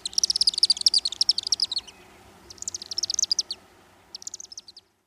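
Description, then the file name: Chimney swift chittering, three bursts of quick high staccato chips separated by short silent gaps, the last burst shorter than the others. "Chimney Swift Lang Elliott"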